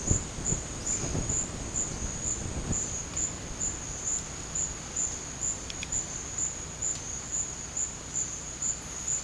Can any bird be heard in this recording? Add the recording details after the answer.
no. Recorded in dense forest near Puerto Asís, Putumayo, Colombia, on 20 December 2024 at 12:30. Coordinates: 0.481, -76.323. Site G100